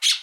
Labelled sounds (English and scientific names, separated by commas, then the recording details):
Brown-throated Parakeet (Eupsittula pertinax) contact call
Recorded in Aruba
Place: Cunucu Arikok, S side of Ceru Arikok
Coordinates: 12.502, -69.950